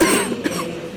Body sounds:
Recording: coughing mixed with background sound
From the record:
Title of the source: 31 night wet cough

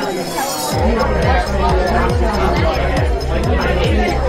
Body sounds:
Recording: background sound without coughing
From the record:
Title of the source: Nightlife Party Simulating Party Club Noise 1 Hour

